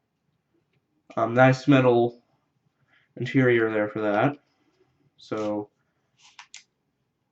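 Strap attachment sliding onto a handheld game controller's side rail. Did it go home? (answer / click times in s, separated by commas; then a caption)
yes / 6.4 s, 6.5 s. Someone talks while the plus-side strap attachment is slid down onto a handheld game controller's side rail, which has a metal interior. After the talking stops, two short clicks are heard at 6.4 s and 6.5 s as the attachment clicks home and is seated.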